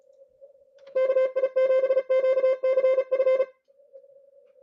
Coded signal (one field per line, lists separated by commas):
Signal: Morse code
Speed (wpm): 33 wpm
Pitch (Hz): 530 Hz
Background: none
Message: KI7QCF